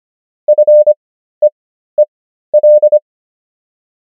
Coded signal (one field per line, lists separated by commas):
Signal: Morse code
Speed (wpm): 25 wpm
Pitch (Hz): 600 Hz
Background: none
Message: FEEL